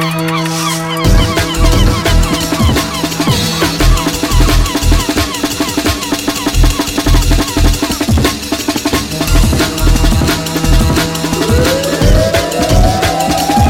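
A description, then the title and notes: A marine soundscape filled with a steady, rhythmic low throbbing, like a boat engine, pulsing several times a second throughout. Dense crackling clicks run over the top, and a rising tonal sweep appears near the end. A marine soundscapes.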